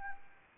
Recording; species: mosquito wingbeat signal from an infrared sensor; Anopheles arabiensis